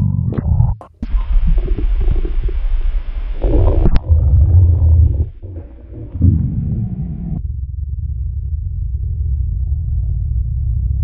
My Tummys Intensive Moans Hunger Rumbles.